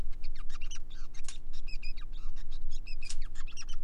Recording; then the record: song of a male Bengalese finch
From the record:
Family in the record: son of father 5